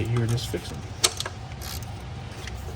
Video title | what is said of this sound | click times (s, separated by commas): F30 335i Oil Filter Housing Gasket Replacement | see i heard the wrench click | 1.0 s